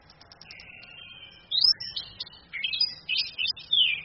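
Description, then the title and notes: Orange-headed thrush song: a drawn-out whistle followed by quick jumbled, slurred phrases in high-pitched bursts. Female; training (masteran) song for other birds, charged using a phone screen. "ANIS KEMBANG BETINA CAS DENGAN LAYAR HP. Masteran Anis Kembang"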